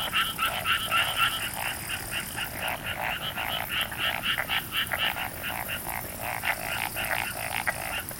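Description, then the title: Frog chorus of quick, rattling croaks packed closely together, several frogs overlapping steadily from start to finish. Frogs in a rice paddy at night, summer, Hokkaido, Japan. "Summer Japan, Hokkaido. Night Paddy's frogs. 夜の水田のカエル"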